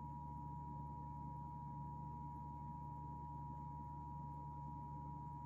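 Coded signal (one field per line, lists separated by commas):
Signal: Emergency Alert System (SAME) tones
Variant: 853 and 960 Hz attention tone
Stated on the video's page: National EAS test as aired live on KABC 7 Los Angeles television.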